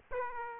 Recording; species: mosquito wingbeat signal from an infrared sensor; Aedes aegypti